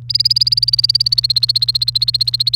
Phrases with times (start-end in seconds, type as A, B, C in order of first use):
0.10-2.56 A